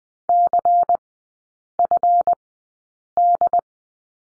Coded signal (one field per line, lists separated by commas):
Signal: Morse code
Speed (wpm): 20 wpm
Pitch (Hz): 700 Hz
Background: none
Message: CFD